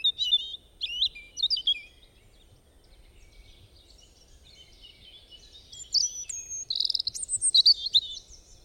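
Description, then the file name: Bird song of short high chirps and twittering phrases, a quiet pause mid-way, then a livelier burst of varied trills and whistled notes near the end. "Bird Singing"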